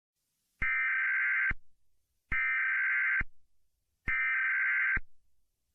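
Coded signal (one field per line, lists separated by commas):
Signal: Emergency Alert System (SAME) tones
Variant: header bursts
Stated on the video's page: Fictional EAS mock made with Filmora, Balabolka TTS and CapCut.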